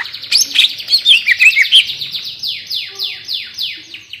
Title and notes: Cucak Ijo Gacor Ngentrok Jambul Nembak. suara burung cucak ijo gacor, merdu cocok buat masteran burung cucak ijo